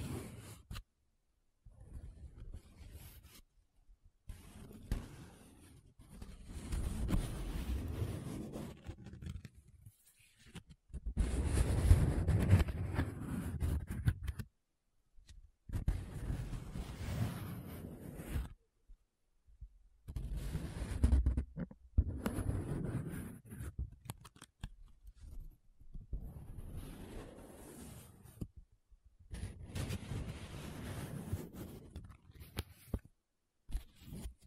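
Paper being traced, scratched and rubbed in repeated bursts of a few seconds each, separated by short silences, with a rough, papery scraping texture.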